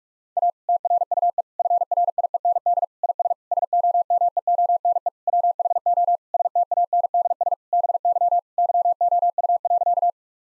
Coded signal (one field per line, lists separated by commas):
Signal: Morse code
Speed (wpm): 46 wpm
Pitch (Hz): 700 Hz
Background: none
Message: A TRUE FRIEND IS SOMEONE WHO STANDS BY YOU.